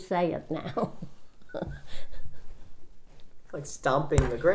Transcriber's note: she laughs